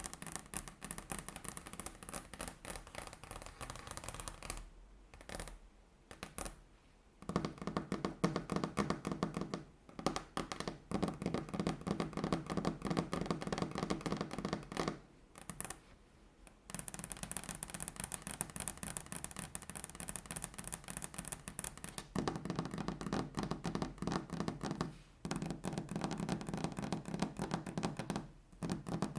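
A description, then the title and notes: Rapid, continuous tapping on a table: dense streams of small knocks rattle along with a low thud in each stroke. The tapping stops briefly several times, near 5, 6, 7, 10, 15, 16 and 25 seconds, then resumes at the same fast, even pace. ASMR Table Tapping (No Talking).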